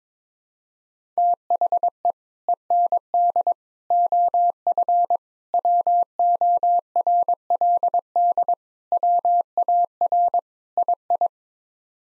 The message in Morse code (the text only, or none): THE END OF WORLD WAR II